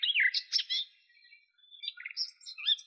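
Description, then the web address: Garden warbler song: quick, rambling warble of varied chirps and short twittering notes, pausing briefly midway before resuming. "Sylvia borin"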